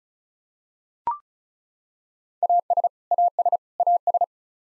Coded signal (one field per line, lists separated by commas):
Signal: Morse code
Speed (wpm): 36 wpm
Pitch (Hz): 700 Hz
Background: none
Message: AS AS AS